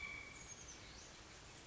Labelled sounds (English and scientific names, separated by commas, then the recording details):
Oak Titmouse (Baeolophus inornatus)
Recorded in Sonoma County, California